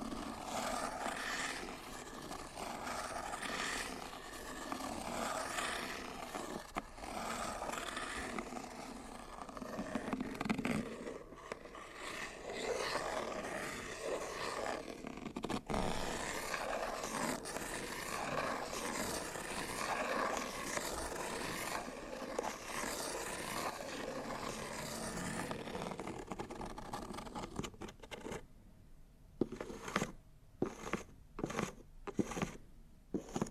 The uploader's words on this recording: Scratching, Rubbing & Tracing on Cardboard Boxes (NO TALKING).